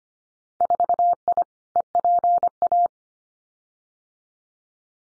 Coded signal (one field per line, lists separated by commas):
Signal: Morse code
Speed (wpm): 25 wpm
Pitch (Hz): 700 Hz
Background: none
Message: 4I EPA